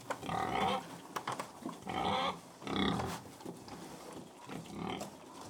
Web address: BBC Sound Effects Library BBC Livestock Close Perspective Of Pig Feeding